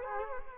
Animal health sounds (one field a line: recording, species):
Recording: mosquito wingbeat signal from an infrared sensor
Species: Culex quinquefasciatus